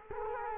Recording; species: mosquito wingbeat signal from an infrared sensor; Culex quinquefasciatus